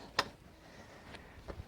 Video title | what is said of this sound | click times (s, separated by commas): Jazzy Ultralight Power Wheelchair Review: Lightweight Freedom in Every Move! | and it unfolds and locks in place | 0.2 s